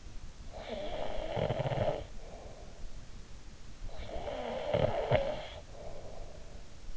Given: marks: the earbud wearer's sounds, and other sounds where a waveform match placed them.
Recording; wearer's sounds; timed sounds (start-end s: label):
sounds in sleep by an in-ear microphone; snoring breath
0.11-2.94 s: snoring breath
3.62-6.96 s: snoring breath